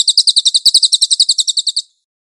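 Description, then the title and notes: Cililin song: a rapid, even trill of high, sharp chirping notes, running nearly two seconds before stopping abruptly. Cililin song with clear audio, for training cage birds. "MASTER SUARA BURUNG CILILIN, AUDIO JERNIH. CICILIN"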